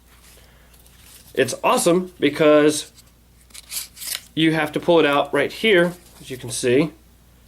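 A survival knife is handled at its plastic sheath, which has two gripping retention inserts that hold the blade, while someone talks throughout. A few brief handling sounds come through between the words, but the knife has not yet been pushed home, and nothing has seated or snapped into place yet.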